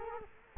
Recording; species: mosquito wingbeat signal from an infrared sensor; Culex quinquefasciatus